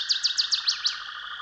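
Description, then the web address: Northern waterthrush song fragment: six loud, evenly spaced chip notes sweeping downward, then a steady background drone alone. "Dan Gibson's Solitudes Songbirds. Northern Waterthrush"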